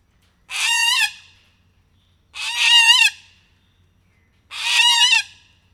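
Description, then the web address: Little corella harsh screeching calls, three loud rasping screeches each lasting under a second, repeated roughly every two seconds with quiet between. Captive bird at a zoo in Miskolc, recorded in 2018, described as emboldened. "csupaszszemu kakadu felbatorodva"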